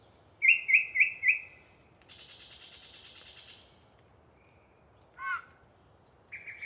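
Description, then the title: Yellow-breasted chat song: four loud whistled notes in quick succession, then a dry buzzy rasp, a brief down-slurred note and a short closing phrase. Very talkative bird singing a long pre-dawn soliloquy in deciduous cover near the microphones. "A Very Chatty Yellow-breasted Chat"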